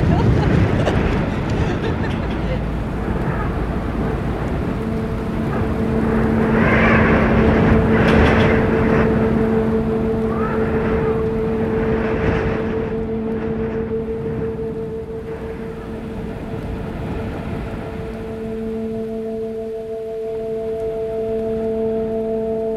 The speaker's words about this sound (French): Plus parce que j'ai le vent qui fouette dans la capuche.